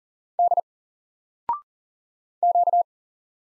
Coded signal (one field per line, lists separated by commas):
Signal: Morse code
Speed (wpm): 40 wpm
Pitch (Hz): 700 Hz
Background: none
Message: D Q